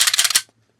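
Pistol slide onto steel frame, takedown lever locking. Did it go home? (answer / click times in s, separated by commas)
yes / 0.1 s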